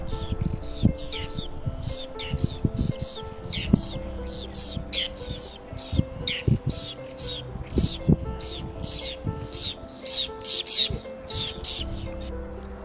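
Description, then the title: Black-headed gulls calling, a dense run of short harsh cries throughout, over background music. Wetland at Futou Lake. "斧头湖随拍：红嘴鸥的歌舞"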